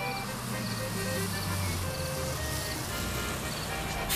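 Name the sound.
bus approaching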